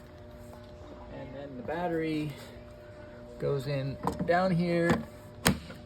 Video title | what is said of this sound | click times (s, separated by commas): 0. Proton Tennis Ball Machine Unboxing | Push it in nice and firm till you hear a good click. | 5.5 s